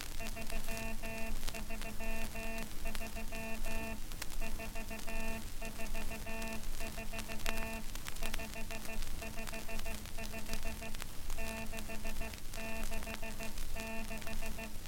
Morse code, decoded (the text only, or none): 333 444 555 666